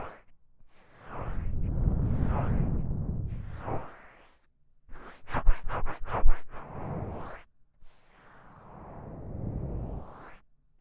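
Rubbing and brushing against the ears, in soft swishing strokes with a deep rumble underneath. A long rub fills the first seconds, then short quick brushes flicker near the middle, and a gentler, quieter sweep follows with brief silent gaps between passes.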